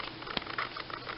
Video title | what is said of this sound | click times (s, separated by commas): Power of the Primes Dreadwind: That Weird Review #182 | that make sure you hear a solid click there just a and | 0.4 s